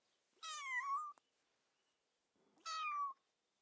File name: Kitten